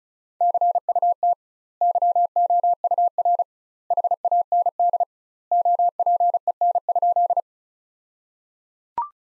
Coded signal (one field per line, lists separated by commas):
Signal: Morse code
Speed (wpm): 36 wpm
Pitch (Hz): 700 Hz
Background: none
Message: CUT YOUR HAND OPEN?